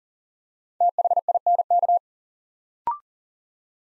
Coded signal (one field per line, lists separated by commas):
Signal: Morse code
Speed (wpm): 38 wpm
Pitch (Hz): 700 Hz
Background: none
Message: THINK